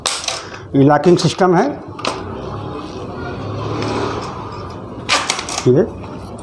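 A router motor is being handled at its base's locking mechanism after the router has been cleaned. Someone talks, with short sharp knocks and handling noises in between. The motor has not locked into the base yet; nothing has seated or clicked.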